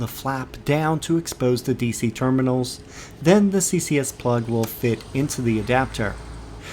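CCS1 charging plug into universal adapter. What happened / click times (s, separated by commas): Handled, not yet home: no seating click before the plug goes in / none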